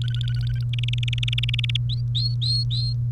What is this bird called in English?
Domestic Canary